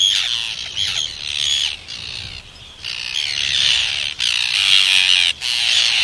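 Arctic tern calls, harsh rasping screeches from several birds in a steady chorus, broken by brief quieter gaps.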